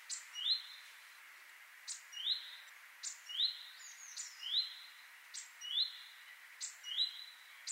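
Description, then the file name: Great tit calls: clipped high note plus short rising slur, repeated steadily about every second and a quarter, over a faint hiss of background noise. "Parus major"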